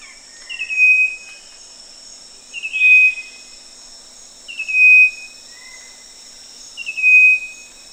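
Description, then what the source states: Striped wren-babbler calls, clear whistled notes that slide gently downward, repeated about every two seconds, over a steady high insect drone. Recorded at Danum on 1 March 2008.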